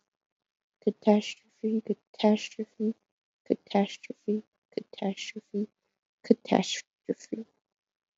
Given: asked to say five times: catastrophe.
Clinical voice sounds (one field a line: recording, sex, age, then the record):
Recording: repeated word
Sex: female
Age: 20 to 29 years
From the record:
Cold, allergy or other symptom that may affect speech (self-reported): no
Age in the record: 23 years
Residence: New York, United States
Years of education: 16